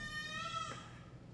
That's a baby crying in the background.